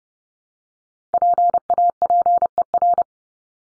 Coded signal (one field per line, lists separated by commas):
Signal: Morse code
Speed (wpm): 30 wpm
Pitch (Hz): 700 Hz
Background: none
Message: PAPER